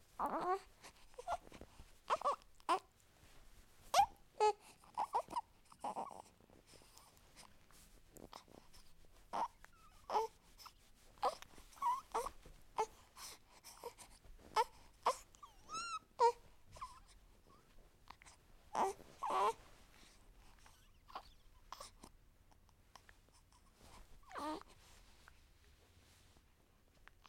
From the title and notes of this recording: Babies giggling, chuckling, and laughing with sheer joy. From contagious belly laughs to charming baby giggles. Baby's Laughter.